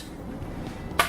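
The plastic bottom cover of a Samsung Notebook 7 Spin 740u laptop is pressed down around its edge into the chassis snap clips after a hard drive replacement. After quiet low rustling, a single sharp snap is heard at 1.0 s. The click shows the cover is seated and secure.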